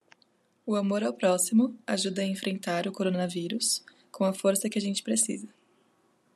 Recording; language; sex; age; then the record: spoken sentence; Brazilian Portuguese; female; 20 to 29 years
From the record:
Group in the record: control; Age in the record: 23 years